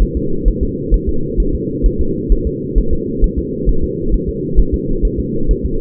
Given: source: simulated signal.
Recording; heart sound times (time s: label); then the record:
fetal heart sounds
0.02 s: S1
0.17 s: S2
0.48 s: S1
0.63 s: S2
0.94 s: S1
1.09 s: S2
1.40 s: S1
1.55 s: S2
1.86 s: S1
2.01 s: S2
2.32 s: S1
2.47 s: S2
2.78 s: S1
2.93 s: S2
3.24 s: S1
3.39 s: S2
3.69 s: S1
3.84 s: S2
4.14 s: S1
4.29 s: S2
4.59 s: S1
4.74 s: S2
5.05 s: S1
5.20 s: S2
5.51 s: S1
5.66 s: S2
From the record:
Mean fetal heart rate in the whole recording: 130 bpm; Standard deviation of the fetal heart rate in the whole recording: 2 bpm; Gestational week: 36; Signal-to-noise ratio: -8.1 dB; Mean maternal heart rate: 72 bpm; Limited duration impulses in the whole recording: absent